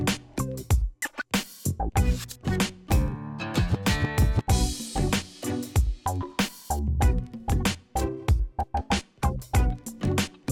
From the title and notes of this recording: Using an AxiDraw SE/A4 to plot lighthouse images. Plotting lighthouses.